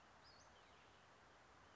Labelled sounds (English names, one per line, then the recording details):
Western Flycatcher
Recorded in Sonoma County, California